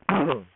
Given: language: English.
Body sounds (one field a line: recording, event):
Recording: throat vibration sensor signal played as sound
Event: throat clearing